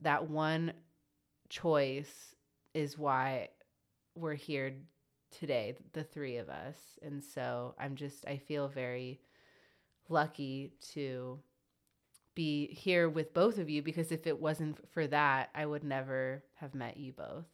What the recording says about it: Decided that I wanted to try being open about my stutter.